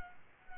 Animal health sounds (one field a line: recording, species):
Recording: mosquito wingbeat signal from an infrared sensor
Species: Culex quinquefasciatus